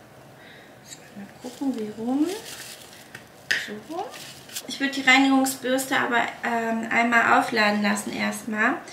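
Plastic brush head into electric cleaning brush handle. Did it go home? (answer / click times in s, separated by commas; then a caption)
yes / 3.5 s. A plastic brush head is pushed onto the bottom of an electric cleaning brush handle until it locks, with a sharp, short click at 3.5 s after a few quieter handling taps. Someone talks before and after the click, and the brush head seats.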